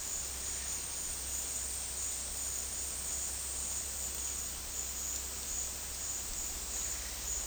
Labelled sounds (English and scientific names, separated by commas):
none